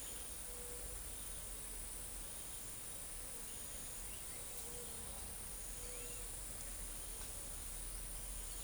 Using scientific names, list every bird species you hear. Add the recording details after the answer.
none. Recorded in forest near Pivijay, Magdalena, Colombia, on 4 June 2023 at 08:00. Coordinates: 10.467, -74.380. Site Z5-G034